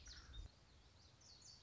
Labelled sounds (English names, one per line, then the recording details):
Common Yellowthroat
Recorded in Sonoma County, California